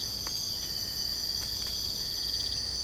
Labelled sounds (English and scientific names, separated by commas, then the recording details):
none
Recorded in secondary vegetation near Puerto Asís, Putumayo, Colombia, on 22 December 2024 at 02:30
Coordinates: 0.499, -76.323
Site G010